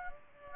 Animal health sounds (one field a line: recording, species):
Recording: mosquito wingbeat signal from an infrared sensor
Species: Aedes aegypti